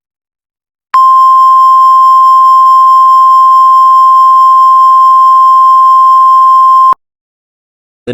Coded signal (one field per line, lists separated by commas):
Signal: Emergency Alert System (SAME) tones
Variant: 1050 Hz attention tone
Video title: (FIRST EAS MOCK) Average Tornado in Tulsa